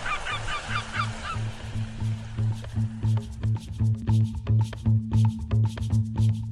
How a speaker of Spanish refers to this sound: Desde la ciudad de Dalcahue, en la costa este del archipiélago de Chiloé, una pequeña embarcación cruza brevemente el mar hasta embarcar a la isla de Quinchao.